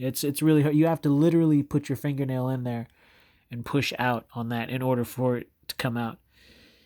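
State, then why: Not seated. A removable metal driver bit is handled at its storage slot in the handle of a Leatherman Skeletool multitool while someone talks throughout, with short quiet pauses between phrases. Nothing has seated or clicked yet by the end of the clip.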